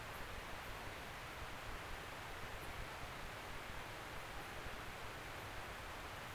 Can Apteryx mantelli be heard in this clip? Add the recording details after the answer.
no. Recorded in New Zealand on 16 November 2013. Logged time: 21:44. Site BS16